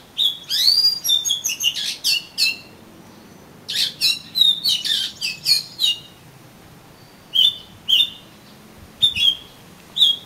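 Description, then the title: Oriental magpie-robin song: a rapid run of varied whistles and chips, a second run, then spaced single slurred whistles. "Kacer Kacer"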